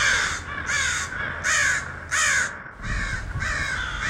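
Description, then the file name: Crows give loud, grating caws in quick succession, about four or five bursts, each harsh and slightly falling in pitch. A flock of crows. "GEIST FX MURDER OF CROWS"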